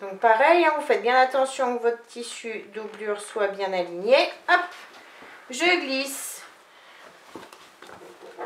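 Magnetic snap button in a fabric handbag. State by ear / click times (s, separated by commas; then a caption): seated / 7.5 s, 7.8 s. A magnetic snap button is slid inside the lining of a fabric handbag and pressed into place while someone talks. Small clicks are heard at 7.5 s and 7.8 s as the snap part clicks into place and seats.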